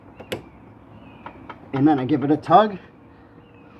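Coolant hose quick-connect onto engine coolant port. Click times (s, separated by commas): 0.3 s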